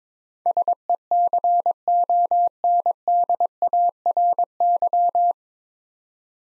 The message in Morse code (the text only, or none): SECONDARY